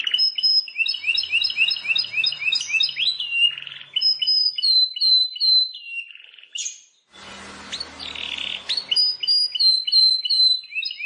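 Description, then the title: Plain prinia song, a fast varied string of high whistles, rising sweeps and buzzy trills repeated several times a second, broken by a brief pause and a rasping burst. "Ciblek Sawah"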